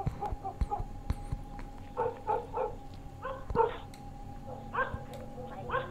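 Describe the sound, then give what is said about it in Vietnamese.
A dog barks repeatedly out on the street at night, in short, mid-pitched bursts that come in uneven clusters, with brief pauses between them, over a low steady background hum and a few sharp clicks. “Bỗng nhiên, ở ngoài đường, vang lên tiếng chó sủa.”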